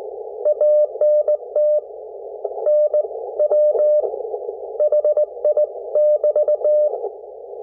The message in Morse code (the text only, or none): ANT NW HI<BT>